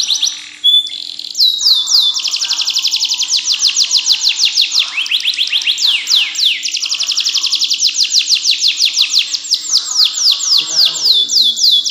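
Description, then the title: Canary song, a long run of fast sweeping trills and rapid rolls, high-pitched and almost continuous. "Ini Baru Kenari!"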